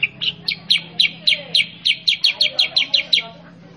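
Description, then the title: Sooty-headed bulbul song: a steady, rapid string of clear, sharp chirps, each note bright and clipped, with a faint low hum beneath. Tutor song for training caged Sooty-headed bulbuls to respond quickly and sing vigorously (gacor). "Masteran Kutilang Sutra. MASTERAN BURUNG KUTILANG SUTRA BIKIN KUTILANG SUTRA BAHAN LANGSUNG RESPON BUNYI GACOR"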